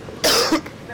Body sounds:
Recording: coughing mixed with background sound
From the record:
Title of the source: Coughing 60

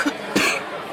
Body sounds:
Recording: coughing mixed with background sound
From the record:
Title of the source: 64 coughing, allergies, singing lungs

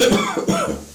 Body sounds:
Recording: coughing mixed with background sound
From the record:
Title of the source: Spring Cold Coughing.

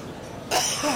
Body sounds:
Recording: coughing mixed with background sound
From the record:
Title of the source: Dry Afternoon Cough

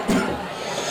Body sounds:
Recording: coughing mixed with background sound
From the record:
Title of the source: Residual Phlegmy Morning Coughing and Gagging

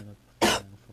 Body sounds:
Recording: coughing mixed with background sound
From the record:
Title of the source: 61 morning phlegmy cough...again

